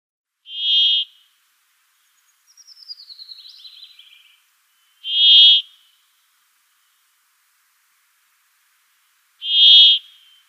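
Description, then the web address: Brambling song: a buzzy wheeze repeated three times about every four and a half seconds, with a softer descending twitter in the gaps. "Schulze Peter Brambling song"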